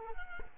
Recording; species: mosquito wingbeat signal from an infrared sensor; Culex quinquefasciatus